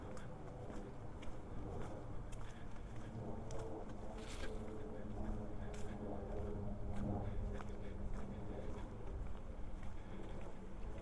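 Walking around south Boulder, a steady low rumble of traffic and wind fills the air, with faint voices and scattered brief clicks throughout.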